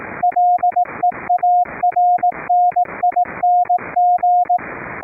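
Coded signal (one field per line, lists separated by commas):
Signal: Morse code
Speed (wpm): 18 wpm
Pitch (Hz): 710 Hz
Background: radio noise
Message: LEARNING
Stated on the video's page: CW sent over a LAN via NETJACK1 audio-over-IP to a remote rig, keyed by an audio-derived PTT circuit using RECRI keyer software.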